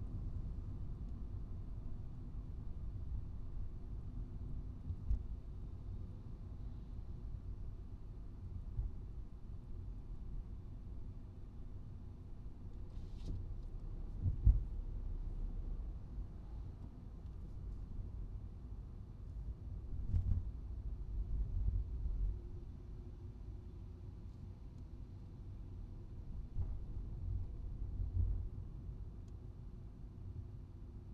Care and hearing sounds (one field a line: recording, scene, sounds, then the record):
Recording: everyday scene through a hearing-aid microphone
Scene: in a vehicle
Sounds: engine, traffic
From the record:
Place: Skoda Fabia, gasoline engine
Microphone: in the ear canal, right